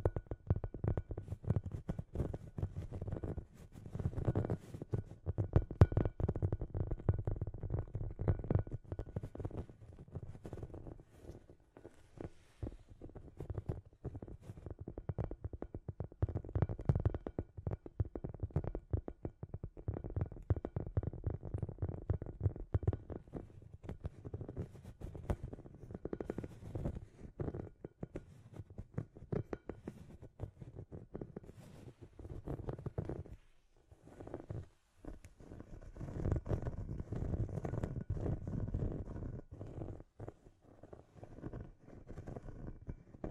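Scratchy tapping runs throughout in dense, irregular clicks and scrapes over a low rumbling, with brief lulls near 12 and 34 seconds.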